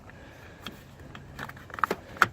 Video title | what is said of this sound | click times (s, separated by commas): Truck Bed Power Project | that pops right into place then you have the negative over here | 2.2 s